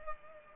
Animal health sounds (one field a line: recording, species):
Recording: mosquito wingbeat signal from an infrared sensor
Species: Culex pipiens